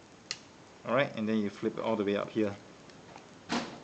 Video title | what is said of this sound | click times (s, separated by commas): Takara Tomy Transformers Masterpiece MP-27 Cybertron Security Ironhide Review | Okay. You lock it over here. Lock it over here. Okay. You hear a click sound. | 0.3 s